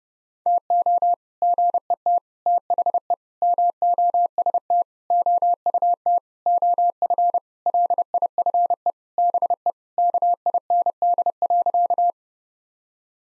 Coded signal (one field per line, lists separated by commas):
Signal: Morse code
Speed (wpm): 32 wpm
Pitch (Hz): 700 Hz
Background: none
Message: TO GET THE MOST OUT OF LIFE BE KIND.